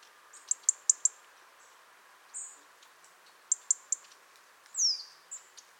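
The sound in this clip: European robin calls: short, very high ticking notes in quick runs of three or four, with thin drawn-out whistles and a brief downslurred note, over a steady low hiss.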